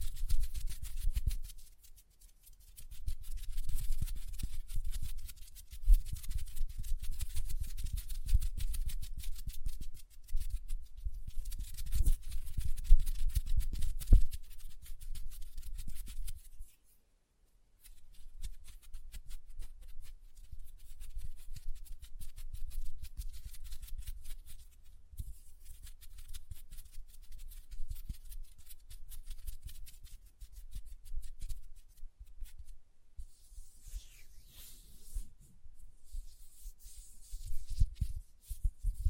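Lotion being rubbed between hands makes a dense, crackling, slippery texture that comes in uneven bursts. The rubbing stops briefly around the sixteen-second mark, then resumes more softly. A brighter, airy swish appears near the end.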